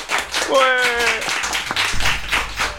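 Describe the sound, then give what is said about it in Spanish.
A burst of applause, dense and steady clapping that carries on for a few seconds, with a brief rising voice-like tone and some talking mixed in over it. “Aplauso a todos.”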